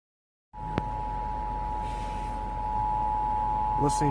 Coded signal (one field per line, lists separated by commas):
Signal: Emergency Alert System (SAME) tones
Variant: 853 and 960 Hz attention tone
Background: speech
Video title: Child Abduction Emergency (EAS #1,598)